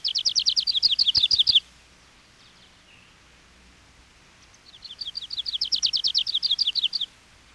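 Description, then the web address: Grace's Warbler singing two fast trills of sharp, high, downslurred chips, the second starting softly and swelling, separated by a quiet pause of about three seconds. "peterchen. 101 Bird Songs. Grace's Warbler"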